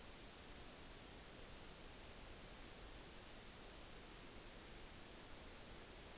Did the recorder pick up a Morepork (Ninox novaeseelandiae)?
no